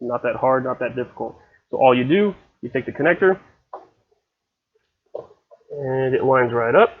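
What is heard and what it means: A plastic wiring harness connector for GM dark taillights is picked up and lined up with its mate, the taillight resistor harness connector, while someone talks. Two short sounds occur at about 3.7 and 5.2 seconds in the pause between speech. The connector is only lined up so far, and nothing has clicked into place yet.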